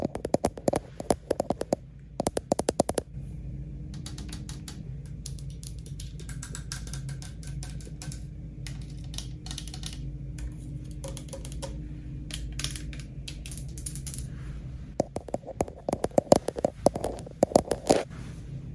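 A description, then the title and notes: Fast, dense tapping and scratching on a lens comes in crisp bursts at the start and again from about fifteen seconds on. In between, the tapping thins to scattered light clicks over a steady low room hum. ASMR Hotel Room Tour ~ Lens Tapping & Scratching in Berlin.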